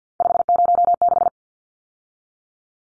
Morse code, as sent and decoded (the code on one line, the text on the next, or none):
..... ----- -....
506